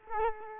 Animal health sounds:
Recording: mosquito wingbeat signal from an infrared sensor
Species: Culex quinquefasciatus

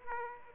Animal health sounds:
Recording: mosquito wingbeat signal from an infrared sensor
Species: Aedes aegypti

